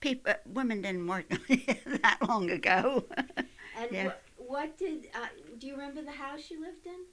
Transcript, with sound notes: Women didn't' work that long ago. ( she laughs )
And what did, uh, do you remember the house you lived in?